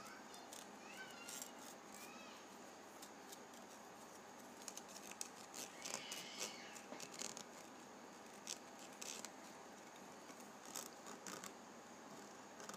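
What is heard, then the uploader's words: A penny rubbed across a ridged surface gives short, irregular scrapes and ticks scattered through the clip, with a denser burst of rubbing around the sixth second. A few brief squeaky rising tones appear early, over a steady low hum. ASMR Penny Ridge Rubbing.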